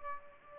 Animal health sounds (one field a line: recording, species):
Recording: mosquito wingbeat signal from an infrared sensor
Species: Aedes albopictus